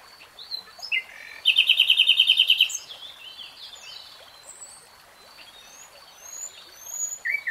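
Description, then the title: Nightingale song: scattered whistles, then a loud rapid rattling trill for about a second, followed by softer varied warbling notes and faint high whistles. "[Tiếng chim hót] Nightingale Singing"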